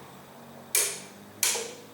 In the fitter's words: You can hear the click of the breaker bar. Check it one more time.